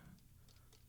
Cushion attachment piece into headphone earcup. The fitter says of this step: and with a little bit of clicking